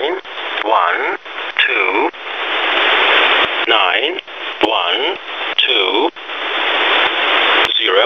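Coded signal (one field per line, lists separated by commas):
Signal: numbers station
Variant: E07a, English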